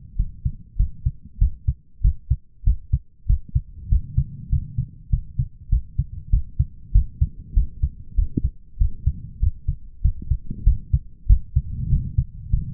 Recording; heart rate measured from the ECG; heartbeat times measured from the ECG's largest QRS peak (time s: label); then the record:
heart sounds by stethoscope; 97 bpm
0.16 s: heartbeat
0.76 s: heartbeat
1.38 s: heartbeat
2.01 s: heartbeat
2.64 s: heartbeat
3.26 s: heartbeat
3.89 s: heartbeat
4.49 s: heartbeat
5.10 s: heartbeat
5.69 s: heartbeat
6.30 s: heartbeat
6.92 s: heartbeat
7.54 s: heartbeat
8.15 s: heartbeat
8.78 s: heartbeat
9.39 s: heartbeat
10.02 s: heartbeat
10.64 s: heartbeat
11.26 s: heartbeat
11.89 s: heartbeat
12.50 s: heartbeat
From the record:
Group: healthy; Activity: rest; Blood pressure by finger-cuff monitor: 139/99 mmHg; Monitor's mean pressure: 111 mmHg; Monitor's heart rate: 96 bpm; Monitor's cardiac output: 7.9 L/min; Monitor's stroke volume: 82 mL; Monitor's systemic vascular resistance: 1060 dyn s/cm5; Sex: male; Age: 23 years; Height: 179 cm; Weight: 87 kg